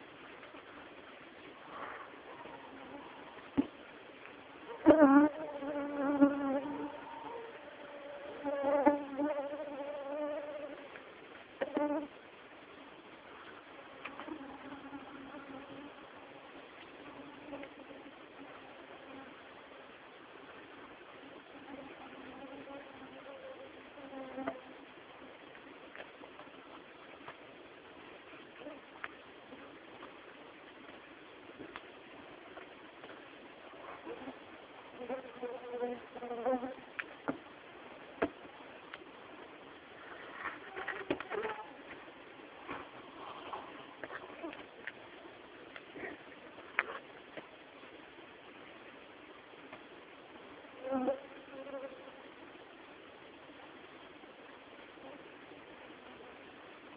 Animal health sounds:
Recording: mosquito flight sound by mobile phone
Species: Culex tarsalis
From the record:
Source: PrakashLab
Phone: Samsung T209

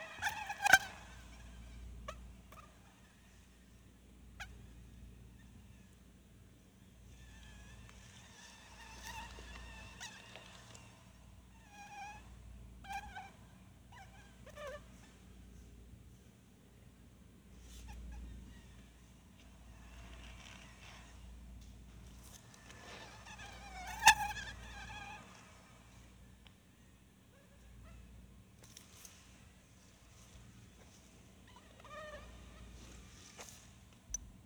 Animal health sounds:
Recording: mosquito flight sound by mobile phone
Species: Anopheles stephensi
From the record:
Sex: mixed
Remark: in a cage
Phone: Sony Xperia

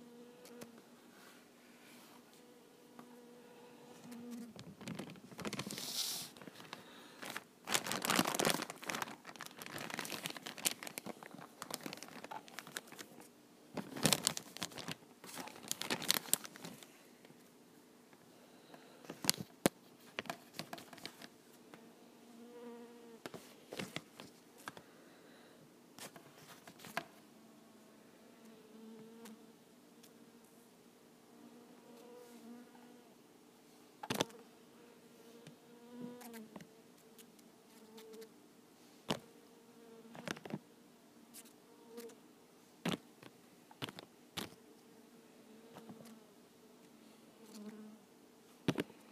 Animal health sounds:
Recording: mosquito flight sound by mobile phone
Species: Culiseta incidens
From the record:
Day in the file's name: 2

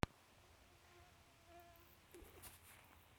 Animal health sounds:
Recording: mosquito flight sound by mobile phone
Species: Aedes sierrensis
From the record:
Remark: free flight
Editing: field recording with all noises

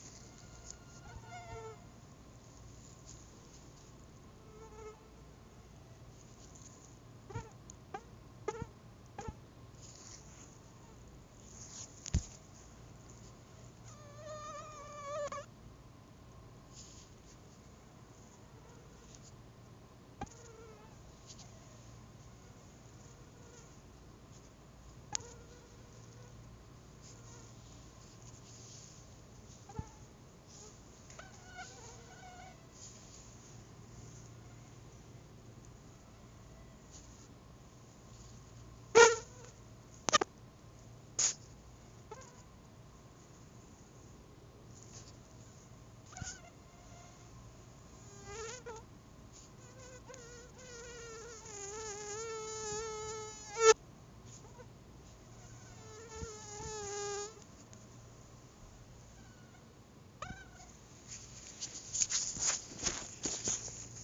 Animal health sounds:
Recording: mosquito flight sound by mobile phone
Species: Anopheles albimanus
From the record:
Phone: Google Nexus

